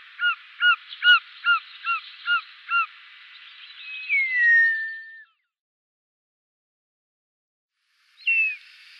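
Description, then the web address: Short-toed snake eagle calling, a rapid series of short arched whistled notes, then a long falling whistle, silence, and a brief final whistle. "Schulze Peter Short-toed Eagle"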